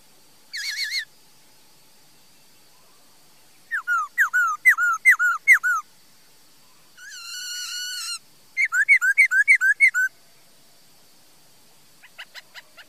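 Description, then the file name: Laughingthrush singing in bursts: a brief whistle, then a rapid series of whistled notes, a harsh rasping note, and more quick whistles separated by pauses. "Tieng khuou hot"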